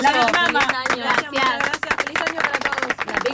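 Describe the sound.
Studio applause, a dense run of quick hand claps lasting a few seconds, mixed with loud voices cheering and calling out over the clapping.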